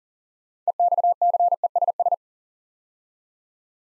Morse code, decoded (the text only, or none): EXCESS